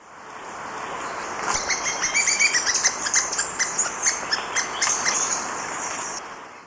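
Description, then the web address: Plumbeous-crowned tyrannulet calling, a quick series of short, thin, high notes repeated several times a second, set against a continuous high insect hiss. Ecuador. "Natures Songs S America Birds of Ecuador. Plumbeous-crowned tyrannulet"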